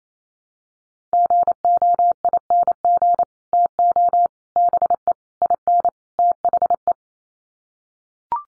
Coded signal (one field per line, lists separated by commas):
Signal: Morse code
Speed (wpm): 28 wpm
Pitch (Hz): 700 Hz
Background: none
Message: GOING TO BE IN THE